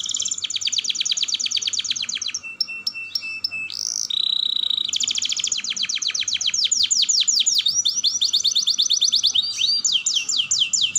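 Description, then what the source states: Atlantic canary song, loud and sustained, long rolling trills of rapid repeated notes, then steady tones and a long series of sweeping chirps. Canary singing vigorously (Indonesian 'gacor' style) with a long rolling trill, called 'dor roll panjang'.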